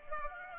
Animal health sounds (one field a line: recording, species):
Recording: mosquito wingbeat signal from an infrared sensor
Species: Culex pipiens